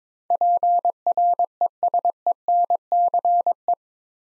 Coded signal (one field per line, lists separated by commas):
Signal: Morse code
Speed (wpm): 22 wpm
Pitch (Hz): 700 Hz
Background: none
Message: PRESENCE